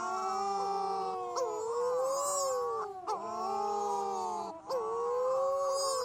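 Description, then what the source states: Wedge-tailed shearwater wailing, long rising moans broken by brief gasping catches every second or two. Wedge-tailed shearwaters, Western Australia.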